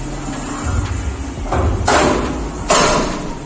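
On a leg squat machine in a gym, the carriage or safety catch is moved into its locking slot, and a metal clunk sounds at 1.9 s as the lock engages. A smaller knock comes just before at 1.5 s, and another broadband burst follows near 2.7 s over steady background noise.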